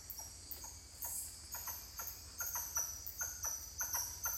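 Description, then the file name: Titi monkey calls as spaced short notes, some quickly doubled, growing stronger later, against a continuous high insect hum. "Titi monkeys calling"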